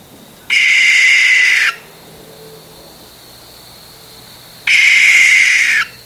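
Barn owl giving two harsh, hissing screeches, each about a second long, separated by roughly three seconds of quiet.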